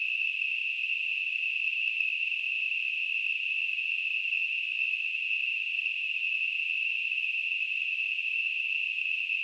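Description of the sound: A steady, unbroken high-pitched hiss centred near 2.7 kHz, holding the same level for the whole clip. It is a simulated tinnitus sound, imitating the constant ringing or hissing some people hear in their ears.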